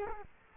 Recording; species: mosquito wingbeat signal from an infrared sensor; Culex quinquefasciatus